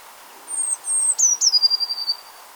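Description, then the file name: Eurasian blue tit song: thin high notes, then sharp falling notes leading into a quick trill of lower notes. "Cyanistes caeruleus"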